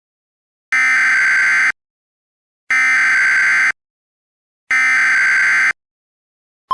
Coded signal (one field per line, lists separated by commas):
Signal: Emergency Alert System (SAME) tones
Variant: header bursts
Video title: thirty years: an EAS scenario